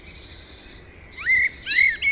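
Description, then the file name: Common blackbird song: faint thin high notes first, then bright, clear whistles rising and sliding, getting louder toward the end. "Turdus merula"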